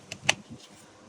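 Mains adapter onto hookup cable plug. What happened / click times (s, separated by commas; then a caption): The adapter plug clicked into place / 0.3 s. A domestic mains adapter is plugged onto the end of a hookup cable plug. A faint tick at 0.1 s is followed by a sharp, loud click at 0.3 s as the adapter seats.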